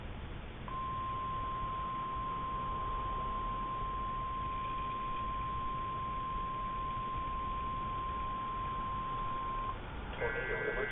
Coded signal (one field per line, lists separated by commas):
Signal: Emergency Alert System (SAME) tones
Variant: 1050 Hz attention tone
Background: speech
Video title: EAS 3158-3159: NWS Memphis TORNADO EMERGENCY